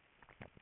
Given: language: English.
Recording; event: throat vibration sensor signal played as sound; swallow